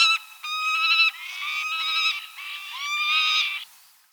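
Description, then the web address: Peregrine falcon giving several drawn-out, grating wails. South America, Ecuador. "Birds of Ecuador. Peregrine Falcon"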